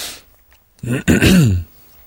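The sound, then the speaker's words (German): A person clears their throat with two rough, gravelly bursts, the second longer and more voiced, sounding like a cough. Brief breathy hiss before it, then quiet. “Muss ich auch gleich husten, wo da immer jemand gehustet hat.”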